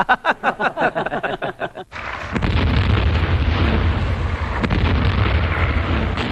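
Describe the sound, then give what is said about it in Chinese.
Aerial bombing by enemy aircraft as the Red Army crosses the Chishui River: a quick run of rhythmic pops gives way to a heavy, roaring blast that rumbles on loudly for several seconds, deep and continuous, with no voices. “为了把滇军调出来，红军冒着敌机的轰炸再次抢渡赤水河。”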